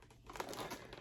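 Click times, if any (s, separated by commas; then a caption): 0.4 s. Someone pushes the two halves of a plastic clamshell figure display case together again, with crinkling plastic rustle throughout and a sharp snap from the side locking lugs at 0.4 s. The lock engages on one side but not the other, leaving the case flimsy.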